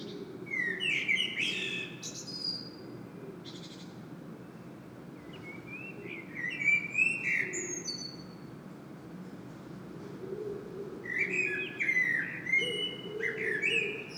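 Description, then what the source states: Common blackbird singing three separate phrases, each a low fluted warble ending in thin, high twittering squeaks, with quiet pauses between and a steady low rumble underneath. Singing bird recorded in Saint-Gilles, Belgium, using a Sony PCM-M10 internal microphone.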